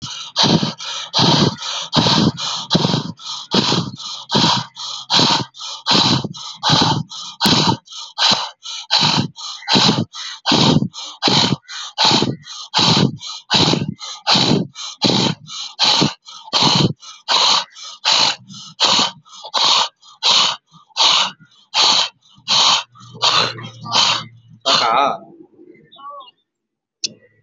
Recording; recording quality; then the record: shallow breathing; excellent, no background noise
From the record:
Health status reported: COVID-19 positive, no symptoms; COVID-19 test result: positive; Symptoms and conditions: diabetes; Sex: male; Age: 47 years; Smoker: not ticked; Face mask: worn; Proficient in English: no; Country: India